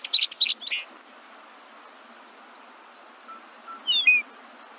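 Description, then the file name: Bobolink song, a rapid jumble of squeaky, metallic notes in the first second, then near-silence and a short phrase of sliding whistles at the end. "Canto do triste pia"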